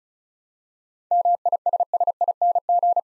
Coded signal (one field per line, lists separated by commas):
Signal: Morse code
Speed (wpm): 36 wpm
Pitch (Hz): 700 Hz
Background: none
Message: MISSING